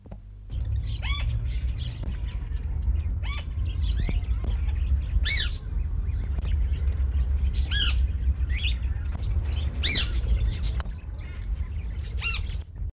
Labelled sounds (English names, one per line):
Rose-ringed Parakeet call